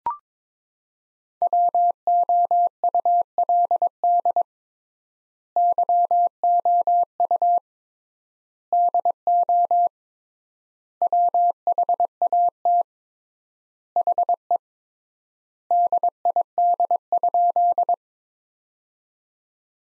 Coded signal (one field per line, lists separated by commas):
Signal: Morse code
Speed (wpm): 21 wpm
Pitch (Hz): 700 Hz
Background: none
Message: WOULD YOU DO WHAT HE DID?